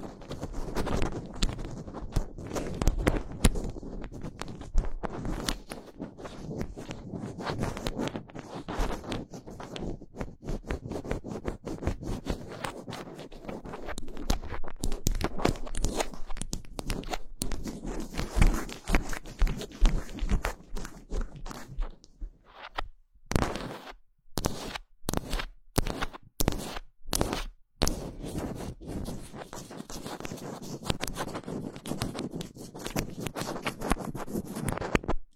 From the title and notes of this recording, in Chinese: 手指抓挠话筒。